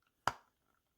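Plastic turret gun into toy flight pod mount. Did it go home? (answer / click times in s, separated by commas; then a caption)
no / none. A plastic turret-style gun is pushed hard into its peg on a toy flight pod, and a single short, sharp plastic knock is heard at about 0.3 s before it fades into quiet. The gun has not snapped in or seated; it will not stay in its mount, possibly because the part is faulty.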